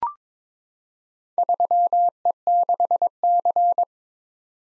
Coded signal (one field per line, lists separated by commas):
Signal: Morse code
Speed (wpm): 22 wpm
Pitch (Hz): 700 Hz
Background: none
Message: 3E6C